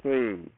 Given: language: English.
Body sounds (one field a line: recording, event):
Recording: throat vibration sensor signal played as sound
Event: speech